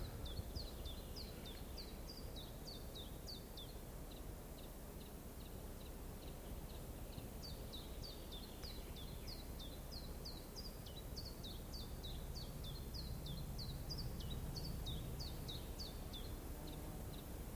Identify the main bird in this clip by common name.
Common Chiffchaff